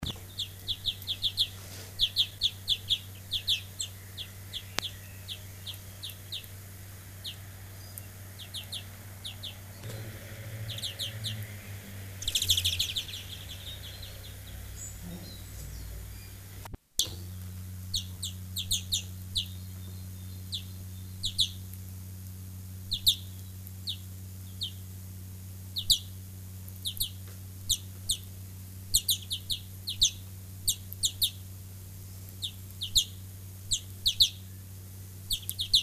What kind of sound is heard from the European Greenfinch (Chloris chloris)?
call